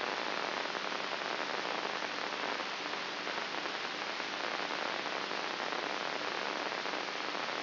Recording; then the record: brain microelectrode recording played as sound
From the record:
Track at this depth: inside the subthalamic nucleus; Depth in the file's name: 4.84 mm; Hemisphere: right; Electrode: 3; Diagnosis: Parkinson's disease